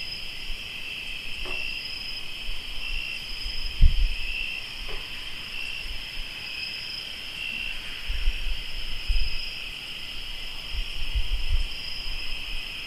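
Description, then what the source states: Cricket chorus of steady high trilling, continuous throughout, with a few soft knocks and low thuds from the surroundings. Crickets recorded in Tlayacapan, Morelos.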